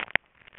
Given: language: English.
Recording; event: throat vibration sensor signal played as sound; swallow